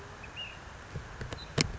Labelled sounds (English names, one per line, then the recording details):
Ash-throated Flycatcher
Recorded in Sonoma County, California